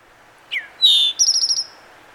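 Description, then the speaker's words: Eastern Towhee giving a short slurred note, then a clear high whistle followed by a quick buzzy trill of about six notes, in a quiet background. The call gives the bird its onomatopoeic name, the towhee saying its name; also nicknamed Chewink after its call. "Towhee is an onomatopoeic name that comes from the towhee's call."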